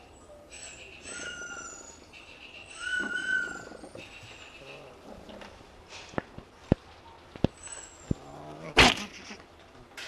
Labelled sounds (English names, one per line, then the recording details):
Fennec Fox call
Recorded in captivity
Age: adult
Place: Tierpark Berlin, Berlin, DE
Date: 1966-03-05 14:30
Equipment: Uher 4200 Report Monitor, Sennheiser MD 421, Transistorverstärker 2
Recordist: Tembrock, Günter
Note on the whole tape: Knurren und Vorstoßen gegen Beobachter. Abstand 0,5 m